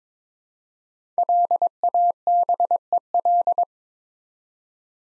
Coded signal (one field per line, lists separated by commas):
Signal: Morse code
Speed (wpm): 22 wpm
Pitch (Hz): 700 Hz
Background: none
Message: LABEL